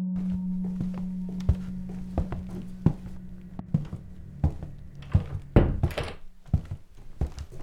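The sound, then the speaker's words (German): A door being opened: a series of sharp clunks and clicks, with a louder rattling burst near the end, over a low, steady hum. “Die Tür öffnete sich und eine Frau um die 70 stand vor uns.”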